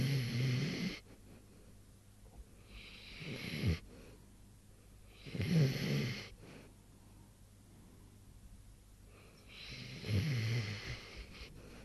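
Snoring: rhythmic low rumbling snores with breathy exhales, about 12 breaths a minute, in a quiet small room.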